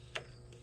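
A plastic retaining ring on the fuel filter housing of a Case 1090u compact tractor is turned backwards until it clicks into its locked position. A sharp click at 0.2 s seats the ring, followed by a fainter tick around 0.5 s over a steady low hum.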